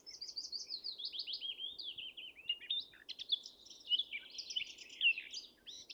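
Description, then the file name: Eurasian blackcap giving a continuous, rapid warbling song of slurred, tumbling notes, starting high and drifting lower, with varied scratchy phrases throughout. "Sylvia atricapilla"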